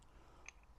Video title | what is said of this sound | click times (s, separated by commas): Now building the huge 1/6 scale RC Armortek Jagdpanther G2 (VID 09) Wheel building - PART 2 | So the bearing simply just pops into place like that. | 0.5 s